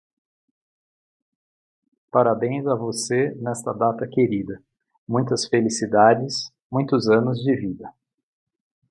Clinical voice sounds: short text; Brazilian Portuguese; male; 50 to 59 years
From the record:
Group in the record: control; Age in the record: 55 years

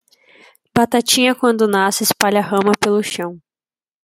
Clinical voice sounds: short text; Brazilian Portuguese; female; 20 to 29 years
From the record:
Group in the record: control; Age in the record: 21 years

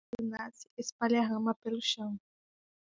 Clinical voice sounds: short text; Brazilian Portuguese; female; 20 to 29 years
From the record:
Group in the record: control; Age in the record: 22 years

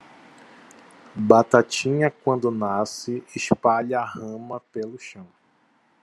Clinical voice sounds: short text; Brazilian Portuguese; male; 40 to 49 years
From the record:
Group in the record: control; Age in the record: 41 years

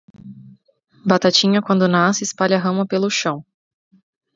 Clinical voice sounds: short text; Brazilian Portuguese; female; 30 to 39 years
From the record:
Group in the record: control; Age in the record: 30 years

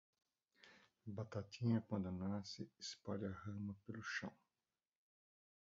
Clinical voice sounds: short text; Brazilian Portuguese; male; 60 to 69 years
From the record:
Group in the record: control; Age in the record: 61 years

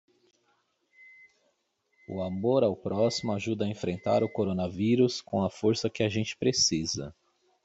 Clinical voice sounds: spoken sentence; Brazilian Portuguese; male; 30 to 39 years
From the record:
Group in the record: control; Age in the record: 36 years

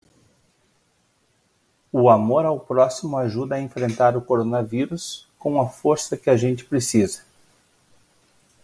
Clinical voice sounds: spoken sentence; Brazilian Portuguese; male; 40 to 49 years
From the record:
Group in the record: control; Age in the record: 46 years

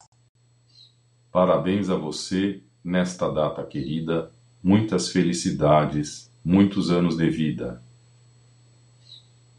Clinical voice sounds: short text; Brazilian Portuguese; male; 60 to 69 years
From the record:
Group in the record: control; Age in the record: 62 years

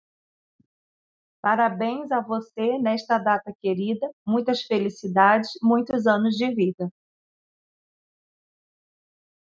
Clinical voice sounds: short text; Brazilian Portuguese; female; 40 to 49 years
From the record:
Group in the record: control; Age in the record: 48 years

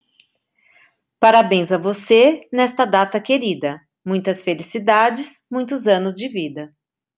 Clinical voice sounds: short text; Brazilian Portuguese; female; 50 to 59 years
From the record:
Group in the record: control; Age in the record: 50 years

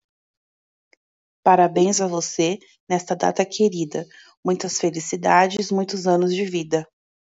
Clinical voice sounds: short text; Brazilian Portuguese; female; 30 to 39 years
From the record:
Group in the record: control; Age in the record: 36 years

